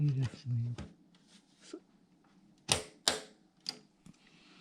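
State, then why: Seated. During a PC build, a component, likely a memory module or connector, is turned around and pushed into its motherboard slot or connector after someone talks. Loud, sharp clicks ring out at 2.7, 3.1 and 3.7 seconds as it seats firmly in place.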